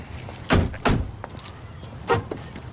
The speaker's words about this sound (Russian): Она пытается открыть заднюю дверь.